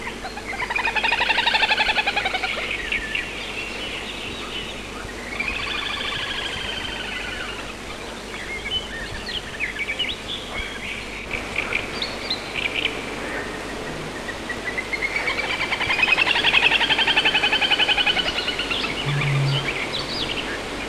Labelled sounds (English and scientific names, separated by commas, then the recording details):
Little Grebe (Tachybaptus ruficollis) call
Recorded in the wild
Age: adult
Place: Petershain, Niederlausitz, Sachsen, DE
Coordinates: 51.3167, 14.7514
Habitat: ponds
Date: 1963-06-10
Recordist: Meyer, Hugo